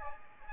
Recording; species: mosquito wingbeat signal from an infrared sensor; Aedes aegypti